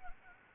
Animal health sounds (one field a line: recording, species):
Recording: mosquito wingbeat signal from an infrared sensor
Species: Anopheles gambiae